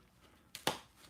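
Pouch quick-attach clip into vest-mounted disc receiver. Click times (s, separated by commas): 0.6 s, 0.7 s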